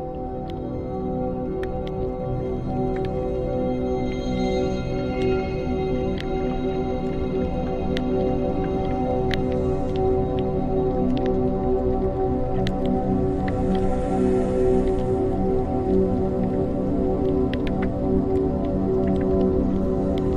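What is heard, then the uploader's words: Water flows steadily under a sustained, droning musical tone, with scattered drips and clicks and a brief hiss swelling midway. Flowing Water and Nature Soundscape Music.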